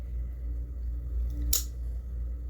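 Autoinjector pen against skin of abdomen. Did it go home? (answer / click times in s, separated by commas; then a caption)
partly / 1.5 s. A Kesimpta autoinjector pen, used for a 17th multiple sclerosis injection, is pressed against the skin of the belly and gives a single sharp, bright click at 1.5 s as the injection starts, over a steady low hum. This is the first of the pen's two clicks; the second click has not happened yet in this clip.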